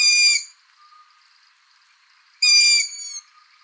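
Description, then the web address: Long-eared Owl giving two rasping, high squeal-like calls, the second longer and trailing off, separated by about two seconds of quiet. "asio otus call"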